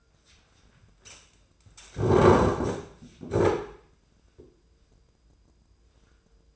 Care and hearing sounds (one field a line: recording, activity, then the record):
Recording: daily activity, microphone in the room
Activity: sit down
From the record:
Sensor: 2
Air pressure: 995.8 hPa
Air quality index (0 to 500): 242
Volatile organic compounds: 1000 ppm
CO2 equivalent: 5952 ppm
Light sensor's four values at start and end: 25/60/27/30 and 27/64/28/31